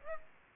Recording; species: mosquito wingbeat signal from an infrared sensor; Aedes aegypti